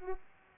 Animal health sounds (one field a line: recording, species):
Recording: mosquito wingbeat signal from an infrared sensor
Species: Culex pipiens